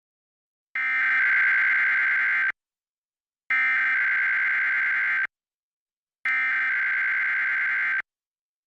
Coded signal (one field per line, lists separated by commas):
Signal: Emergency Alert System (SAME) tones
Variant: header bursts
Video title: KMYS CW 35 Emergency Alert System (EAS) Test, 5/8/2018 [MAJOR FAIL]